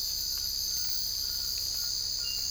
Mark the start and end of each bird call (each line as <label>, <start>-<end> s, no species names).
bird call, 0.17-2.50 s